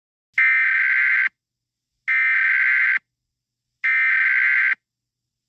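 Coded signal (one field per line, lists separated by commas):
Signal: Emergency Alert System (SAME) tones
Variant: header bursts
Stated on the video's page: Fictional EAS scenario, a simulated alert rather than a real broadcast.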